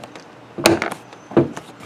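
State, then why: Seated. A plastic door handle piece is pushed down into its holes on the door of a 2000 Honda Passport during a repair that needs no new parts. A sharp, loud snap at 0.7 s is followed by a few lighter ticks and another knock around 1.4 s. The door handle trim snaps home and is seated.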